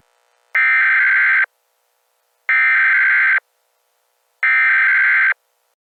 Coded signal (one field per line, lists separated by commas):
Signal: Emergency Alert System (SAME) tones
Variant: header bursts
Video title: EAS | The Attack II